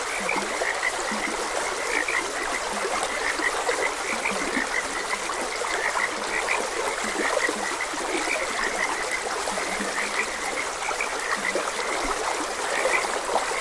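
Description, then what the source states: Croaking frogs, repeated low grunts and higher chirps overlapping for the whole stretch, over steady flowing stream water. Frogs croaking beside a gentle stream.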